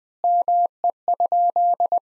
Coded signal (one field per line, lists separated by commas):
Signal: Morse code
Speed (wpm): 20 wpm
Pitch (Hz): 700 Hz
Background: none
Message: ME?